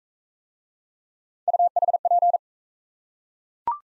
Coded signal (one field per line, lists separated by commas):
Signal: Morse code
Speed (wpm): 38 wpm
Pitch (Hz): 700 Hz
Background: none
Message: UHP